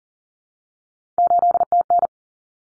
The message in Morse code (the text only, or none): 8TN